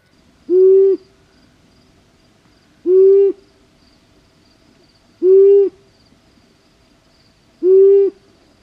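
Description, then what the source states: Long-eared owl hoots, a single low steady hoo note held briefly and repeated about every two and a half seconds, four times, over quiet background. Mystery sound replayed on the programme.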